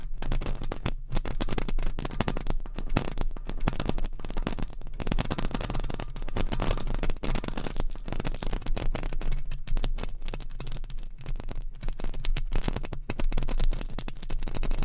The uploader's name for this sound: Mic Scratching Brain Scratching with 50 DIFFERENT MICS Covers & Nails